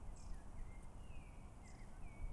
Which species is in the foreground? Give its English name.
Common Blackbird